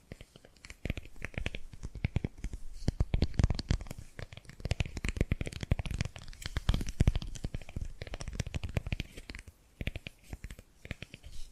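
Tapping and gripping sounds: a dense run of quick, irregular taps and scratchy crackles that keeps going for the whole twelve seconds. The hits are sharp and bright, with some thuddy low weight, and they bunch into busier stretches around the middle.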